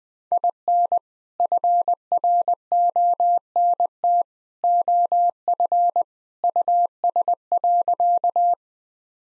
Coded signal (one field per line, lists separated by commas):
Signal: Morse code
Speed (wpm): 20 wpm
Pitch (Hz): 700 Hz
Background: none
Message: IN FRONT OF US.